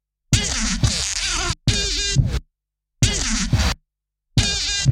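Mud dauber wasp buzzing in harsh, droning bursts about a second long, broken by abrupt silent gaps.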